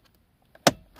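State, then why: Seated. A headlight switch module on a Chevrolet Sonic is pushed into its plastic dash panel opening until its two retaining latches engage. After a few faint ticks and a small tap at 0.6 s, a loud, sharp click sounds at 0.7 s, followed by a short rattling tail. The switch is seated.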